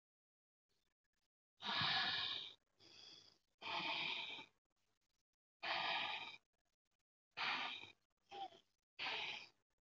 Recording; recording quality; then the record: deep breathing; excellent, no background noise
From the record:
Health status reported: healthy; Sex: female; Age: 23 years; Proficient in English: yes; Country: India